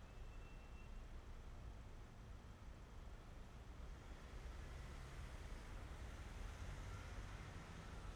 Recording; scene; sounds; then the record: everyday scene through a hearing-aid microphone; in traffic; traffic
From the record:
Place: main city hub, rush hour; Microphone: behind the ear, right, rear